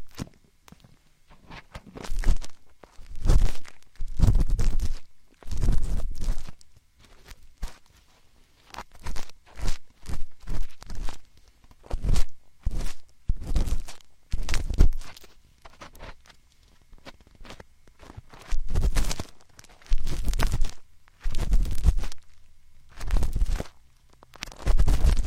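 Binaural ear picking and ear massage: a steady run of short, scratchy rubs and crackles, each lasting under a second, coming in quick bursts with brief silences between. The sounds are dry and crunchy with a soft low thump, and the pace stays fairly even throughout.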